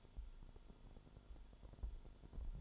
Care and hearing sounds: daily activity, microphone in the room; light on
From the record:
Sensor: 5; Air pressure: 1008.0 hPa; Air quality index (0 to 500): 104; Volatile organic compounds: 1 ppm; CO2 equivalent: 808 ppm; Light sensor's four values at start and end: 37/85/35/35 and 37/86/35/36

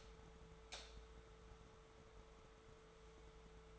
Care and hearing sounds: daily activity, microphone in the room; light on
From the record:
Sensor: 3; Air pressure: 1014.6 hPa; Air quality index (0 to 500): 183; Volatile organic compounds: 19 ppm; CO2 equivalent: 2673 ppm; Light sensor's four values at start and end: 14/36/15/15 and 17/44/18/18

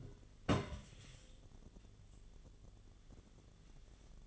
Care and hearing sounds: daily activity, microphone in the room; place on stove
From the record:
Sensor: 4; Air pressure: 1010.8 hPa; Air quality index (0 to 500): 168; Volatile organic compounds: 5 ppm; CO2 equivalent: 1707 ppm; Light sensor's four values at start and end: 40/114/46/47 and 40/114/46/47

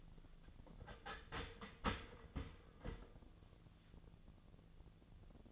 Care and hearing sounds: daily activity, microphone in the room; start toaster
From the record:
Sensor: 4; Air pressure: 1001.0 hPa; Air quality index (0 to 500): 162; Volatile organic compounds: 2 ppm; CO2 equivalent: 1185 ppm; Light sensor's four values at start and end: 18/41/17/18 and 17/40/17/18

